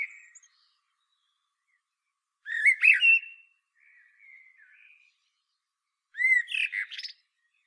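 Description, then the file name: Common blackbird song: a loud phrase near three seconds, a softer thin chatter after it, then another phrase with high twittering near the end. "Turdus merula"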